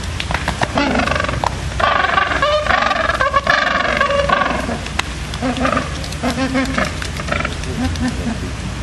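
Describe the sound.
African penguin braying in loud, hoarse, donkey-like honks, a long harmonic bray near the start and shorter honks later, over constant background noise.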